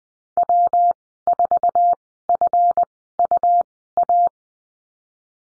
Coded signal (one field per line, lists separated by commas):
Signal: Morse code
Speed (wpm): 20 wpm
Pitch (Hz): 700 Hz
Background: none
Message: W4FUA